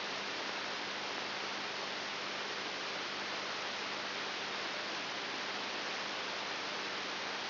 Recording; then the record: brain microelectrode recording played as sound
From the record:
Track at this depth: outside the subthalamic nucleus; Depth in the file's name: 7.1 mm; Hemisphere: left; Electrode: 3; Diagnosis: Parkinson's disease